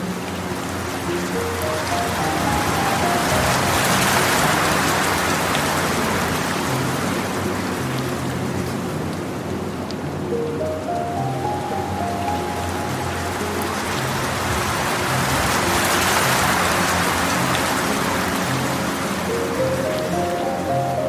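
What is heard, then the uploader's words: Steady rain hiss swells and recedes like slow waves, peaking around four and sixteen seconds, under soft rising piano notes and low drones. Harmoniously uniting piano symphonies, resonant solfeggio frequencies, and soothing nature soundscapes.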